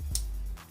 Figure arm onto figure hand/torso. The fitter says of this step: take the arm over the hand and flip it down get that nice click